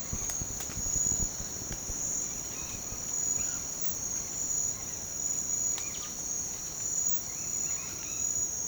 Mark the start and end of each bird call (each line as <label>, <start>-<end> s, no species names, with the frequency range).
bird call (0.8-5.0 kHz), 2.50-2.82 s
bird call (0.8-4.4 kHz), 3.38-3.68 s
bird call (0.5-4.0 kHz), 5.73-6.12 s
bird call (0.6-4.0 kHz), 7.23-8.24 s